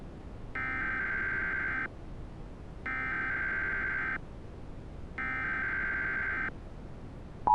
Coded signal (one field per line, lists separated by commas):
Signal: Emergency Alert System (SAME) tones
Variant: header bursts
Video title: EAS Test Hacking from 2005